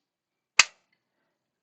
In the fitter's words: the tab there it will snap into place